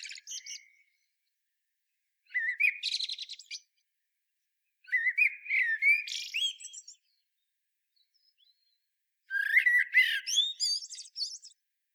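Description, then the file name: Common blackbird: four separate song phrases, each a low fluted warble leading into high, scratchy twittering, spaced by pauses. "Turdus merula"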